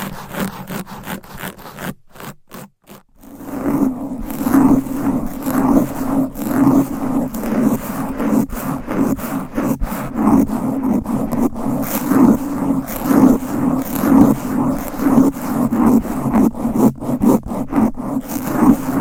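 Fast, aggressive scratching against a microphone, a dense rasping rub that barely lets up. A steady low hum runs underneath. Near the start there is a brief near-silent gap around two to three seconds, then the harsh scraping returns and continues unbroken to the end.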